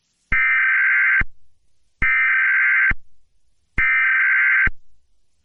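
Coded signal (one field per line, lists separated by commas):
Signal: Emergency Alert System (SAME) tones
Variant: header bursts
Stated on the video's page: Fictional EAS scenario; simulated alert tones, not a real broadcast.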